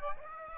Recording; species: mosquito wingbeat signal from an infrared sensor; Aedes aegypti